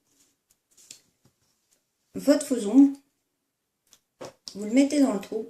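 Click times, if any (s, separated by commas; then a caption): none. A plastic clip-on practice nail tip is picked up and handled before it goes into the hole of a practice finger. Faint handling taps and small clicks are heard around 0.5 to 0.9 s and again near 3.9 and 4.5 s while someone talks. Nothing has seated or clicked yet.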